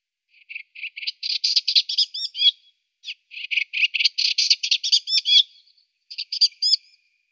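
Eastern Olivaceous Warbler giving three bursts of rapid, dry chattering notes, each rising in loudness and ending in a few squeaky twanging slurs, separated by short pauses.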